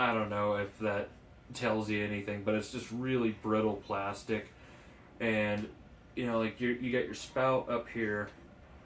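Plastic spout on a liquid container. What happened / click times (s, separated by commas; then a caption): Handled, not yet home: no seating click heard / none. Someone talks while handling the brittle, cheap plastic spout on a liquid container, moving it up toward its raised position. The clip is mostly speech with no distinct click, and the spout has not clicked into place yet.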